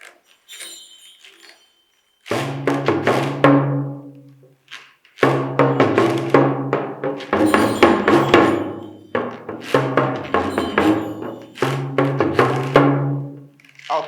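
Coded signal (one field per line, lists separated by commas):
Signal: talking drum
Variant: Yoruba dùndún (Ìyá'lù)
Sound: three phrases of rapid pitched drum strokes with jingling metal, separated by short pauses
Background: jingling bells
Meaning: Just give thanks to God, for if enemies tried to kill you but God did not, give thanks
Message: kó máa dúpẹ́, kó máa dúpẹ́, ẹni ọ̀tá pa, tọ́lọ́run ò pa kó mọ̀ dúpẹ́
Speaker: that simply means kó máa dúpẹ́, kó máa dúpẹ́, ẹni ọ̀tá pa, tọ́lọ́run ò pa kó mọ̀ dúpẹ́.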